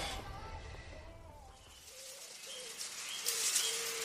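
Soft, repeated cooing notes from birds sounding one after another, joined by a few thin, higher calls over a steady hiss. No one speaks.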